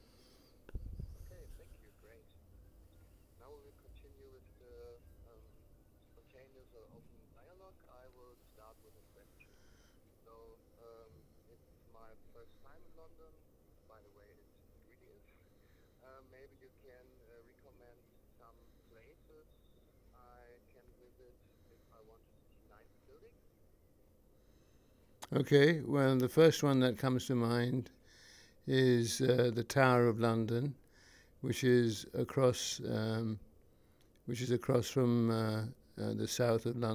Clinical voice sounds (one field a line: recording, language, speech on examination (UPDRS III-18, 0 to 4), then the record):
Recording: conversation on a phone call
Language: English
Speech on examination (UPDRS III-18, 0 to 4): 1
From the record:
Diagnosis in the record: Parkinson's disease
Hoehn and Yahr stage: 3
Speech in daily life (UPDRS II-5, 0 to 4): 1